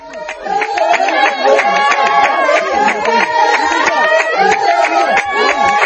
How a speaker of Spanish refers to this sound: Entonces todo el poblado canta de esta manera, como estamos escuchando ahora. Podemos ir unos pocos segundos.